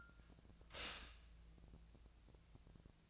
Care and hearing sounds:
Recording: daily activity, microphone in the room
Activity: stop toaster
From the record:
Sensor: 2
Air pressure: 1000.0 hPa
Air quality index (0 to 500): 147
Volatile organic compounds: 2 ppm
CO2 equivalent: 1248 ppm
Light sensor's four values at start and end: 27/66/28/31 and 27/66/28/31

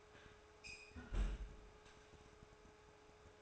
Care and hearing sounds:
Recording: daily activity, microphone in the room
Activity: close fridge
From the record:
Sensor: 2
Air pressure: 1004.4 hPa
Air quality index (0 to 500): 185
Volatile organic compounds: 10 ppm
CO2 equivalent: 2218 ppm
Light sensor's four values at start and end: 4/10/4/4 and 4/10/4/4

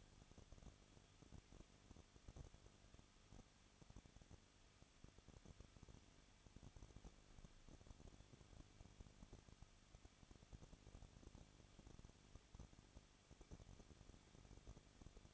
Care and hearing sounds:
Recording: daily activity, microphone in the room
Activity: no activity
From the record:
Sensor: 4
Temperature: 23.1 degrees Celsius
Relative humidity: 34.1%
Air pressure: 1007.2 hPa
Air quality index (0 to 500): 215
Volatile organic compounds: 15 ppm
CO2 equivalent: 2481 ppm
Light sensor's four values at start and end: 2/3/1/1 and 2/3/1/1

